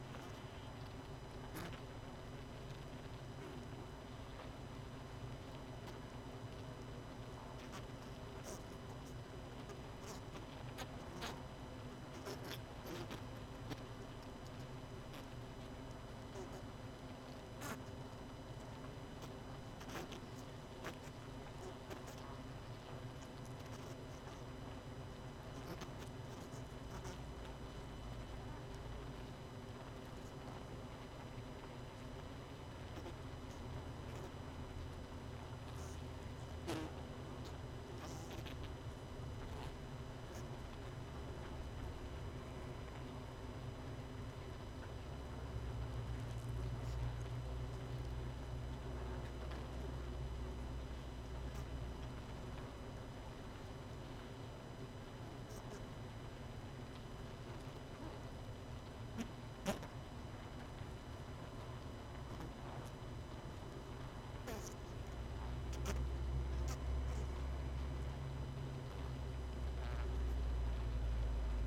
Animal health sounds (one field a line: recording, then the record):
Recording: honeybee colony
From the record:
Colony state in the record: missing queen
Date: 31 May 2018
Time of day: 20:00